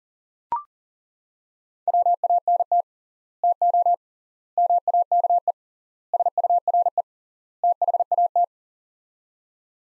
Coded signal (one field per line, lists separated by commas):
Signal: Morse code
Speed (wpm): 40 wpm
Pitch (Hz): 700 Hz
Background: none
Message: WANT TO MAKE SURE THAT